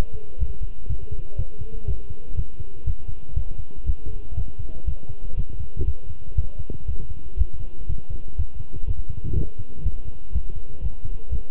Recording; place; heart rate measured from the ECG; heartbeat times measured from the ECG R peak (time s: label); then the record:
heart sounds by stethoscope; between the tricuspid and mitral areas; 121 bpm
0.40 s: heartbeat
0.89 s: heartbeat
1.38 s: heartbeat
1.87 s: heartbeat
2.37 s: heartbeat
2.86 s: heartbeat
3.35 s: heartbeat
3.86 s: heartbeat
4.36 s: heartbeat
4.87 s: heartbeat
5.37 s: heartbeat
5.86 s: heartbeat
6.37 s: heartbeat
6.87 s: heartbeat
7.38 s: heartbeat
7.88 s: heartbeat
8.37 s: heartbeat
8.86 s: heartbeat
9.36 s: heartbeat
9.84 s: heartbeat
10.33 s: heartbeat
10.83 s: heartbeat
11.31 s: heartbeat
From the record:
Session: walking at 3.7 km/h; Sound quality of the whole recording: good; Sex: male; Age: 25 years